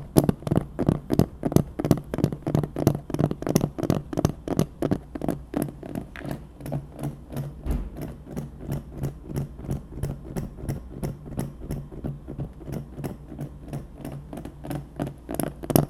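Fingers tap steadily on a hard dark surface, the taps coming fast and evenly at about three per second for the whole stretch. Each tap is crisp with a dull, hollow body; the tapping softens slightly past the midpoint.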